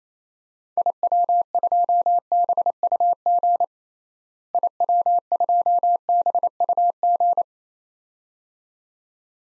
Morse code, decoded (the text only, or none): IW2BUG IW2BUG